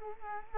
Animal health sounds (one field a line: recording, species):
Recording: mosquito wingbeat signal from an infrared sensor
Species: Culex quinquefasciatus